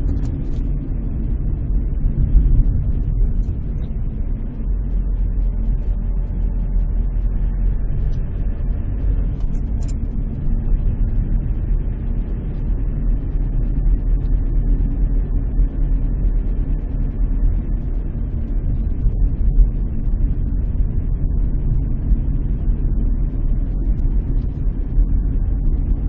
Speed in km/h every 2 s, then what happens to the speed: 26, 23, 20, 21, 24, 28, 29, 28, 27, 27, 27, 28, 29.
0-5 slows to 20. 5-10 speeds up to 28. 10-26 steady at about 28.